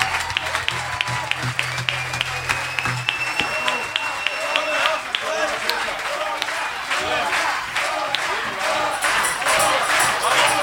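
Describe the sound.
An audience applauds steadily for the full length, a dense, even wash of many hands clapping, with faint crowd voices and a few whistles mixed in.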